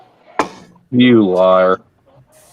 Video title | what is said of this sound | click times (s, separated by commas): Saturday Evening Hangout | these tail lights just snapped right in there | 0.4 s